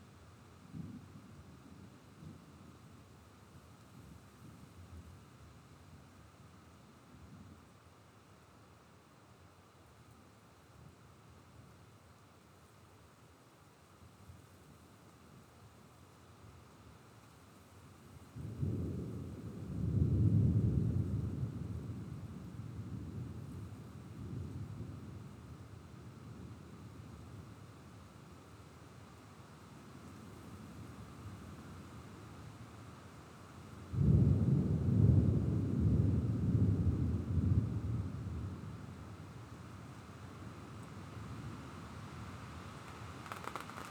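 An approaching thunderstorm, with low rumbling thunder rolling in twice, around 18 and 34 seconds, each swelling for several seconds before fading. Between the rolls a soft, steady hiss of rain or wind fills the background, with faint low rumbles early on.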